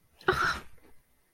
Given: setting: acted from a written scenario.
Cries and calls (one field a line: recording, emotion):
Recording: vocal sound without words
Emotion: negative surprise